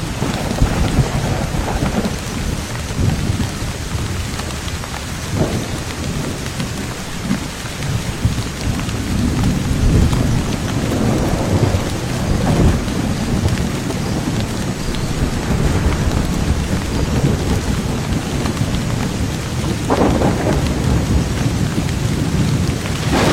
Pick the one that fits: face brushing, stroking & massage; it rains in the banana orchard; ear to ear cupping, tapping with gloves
it rains in the banana orchard